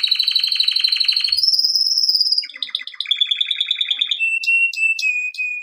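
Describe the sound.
Canary singing a fast pulsed trill that jumps to a higher note, followed by varied chattering trills and steady whistled notes at the end.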